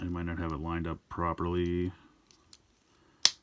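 Someone talks while pushing the second plastic hip tab of a Transformers One Studio Series Deluxe Class Starscream action figure into the back of its other leg, then there are two faint ticks as it is realigned. At 3.3 s the tab snaps home with one loud, sharp snap, and it is seated.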